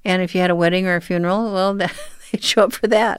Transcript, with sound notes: And if you had a wedding or a funeral, well, (laughter) they'd show up for that.